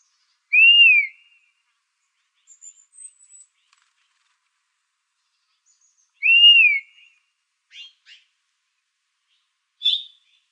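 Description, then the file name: Dusky-capped flycatcher, two whistled calls arching up then falling, nearly six seconds apart, with a few short sharp chips between and after them. Recorded in Arizona on 15 July 2006. "DCFL 2 deviche"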